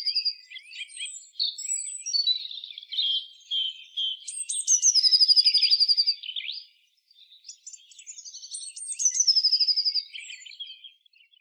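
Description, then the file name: Eurasian blue tit song: high thin notes and tangled chatter, then a fast high trill for about two seconds, a pause, and the chatter and trill repeated. "Cyanistes caeruleus"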